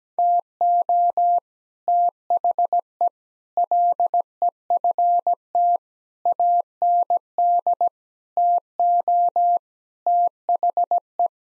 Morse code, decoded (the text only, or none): TO THE LEFT AND TO THE